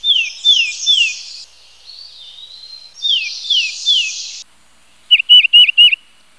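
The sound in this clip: Titmouse calls mixing harsh, buzzy scolding notes with down-slurred whistles, then a tight burst of four quick whistled notes after a short silence.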